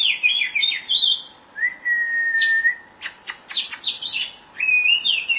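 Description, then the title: Oriental magpie-robin song: warbled chirps, a sustained level whistle, sharp clicks, then more whistled phrases. Chirping song (kicauan) of the bird. "Suara Kicauan Burung Kacer"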